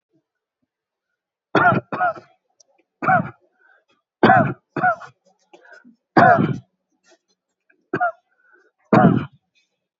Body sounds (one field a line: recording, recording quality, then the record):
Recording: shallow voluntary cough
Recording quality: excellent, no background noise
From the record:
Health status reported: healthy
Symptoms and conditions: none ticked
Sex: male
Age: 30 years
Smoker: not ticked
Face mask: not worn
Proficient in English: yes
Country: India